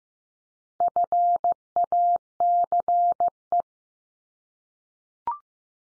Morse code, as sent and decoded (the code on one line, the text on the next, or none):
..-. .- -.-. .
FACE